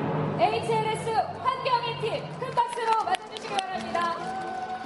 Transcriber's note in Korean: 녹취: 대상 수상 현장음